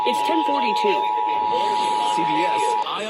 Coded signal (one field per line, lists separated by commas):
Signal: Emergency Alert System (SAME) tones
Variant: 853 and 960 Hz attention tone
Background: speech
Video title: EAS #1971 IL RMT on WSHE (HD TEST ALERT)